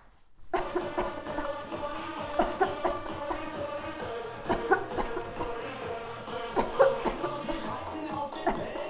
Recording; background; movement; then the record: voluntary coughing; music; sitting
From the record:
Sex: female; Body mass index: 18.8 kg/m2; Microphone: on the chest, facing outward